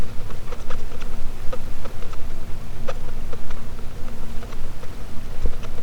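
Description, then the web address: Sperm whale, scattered sharp clicks with uneven gaps, heard above a heavy low-pitched background rumble. "Physeter Macrocephalus clean cachalot positif"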